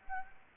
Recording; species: mosquito wingbeat signal from an infrared sensor; Anopheles gambiae